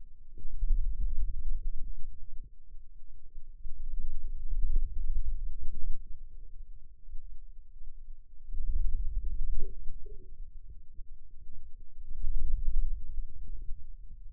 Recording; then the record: forearm muscle sounds (acoustic myography)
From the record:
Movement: radial deviation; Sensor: system 2, bracelet of six BSWA MPA416 microphones around the upper forearm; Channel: 1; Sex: female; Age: 21 years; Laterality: right